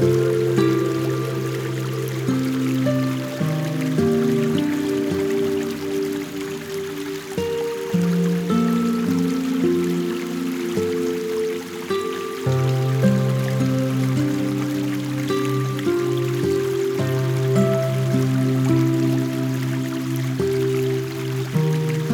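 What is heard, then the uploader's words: Soft, sustained music fills the clip, with low held notes and chords that shift every couple of seconds and a few brighter tones above. A faint, steady trickle of a small stream runs underneath. The overall level stays even throughout. Sleepy Small Stream Water Sounds and Music.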